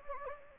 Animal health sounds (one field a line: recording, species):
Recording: mosquito wingbeat signal from an infrared sensor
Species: Anopheles gambiae